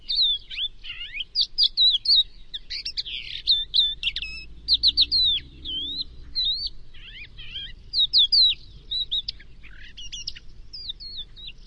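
Crested lark calls: short twisting whistled notes and trills around high pitch, given in irregular bursts with brief pauses.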